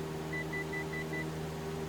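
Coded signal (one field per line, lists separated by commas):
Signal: none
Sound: flight sim autopilot beeps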